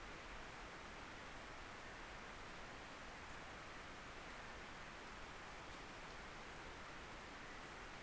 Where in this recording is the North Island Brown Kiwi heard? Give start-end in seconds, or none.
none